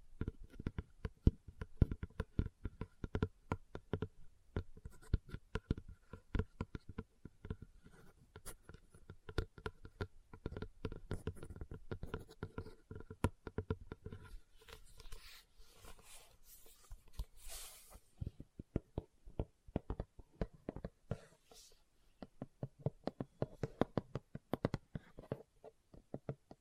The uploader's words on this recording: ASMR Leather Tapping & Scratching Sounds (No Talking).